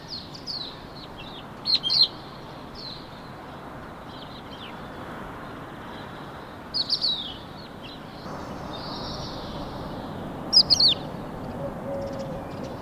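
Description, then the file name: Crested lark song: short bursts of high, sweet twittering notes, loudest at about 2, 7 and 11 seconds, with fainter notes between, over steady background noise. "Cappellaccia"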